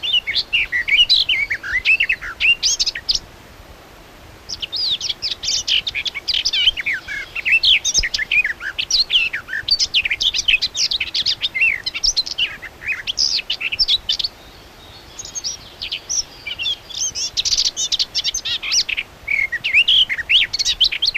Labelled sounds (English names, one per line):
Garden Warbler song